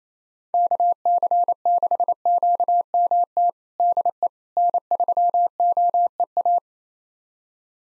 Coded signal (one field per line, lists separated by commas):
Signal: Morse code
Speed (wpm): 28 wpm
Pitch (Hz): 700 Hz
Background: none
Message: KC6QMT DE N3OEA